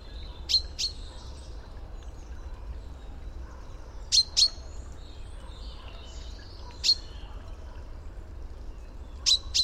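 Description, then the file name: Common chaffinch calling with short, metallic 'pink' notes, mostly in pairs with one single note, spaced a few seconds apart, over a faint low hum. "Fringilla coelebs"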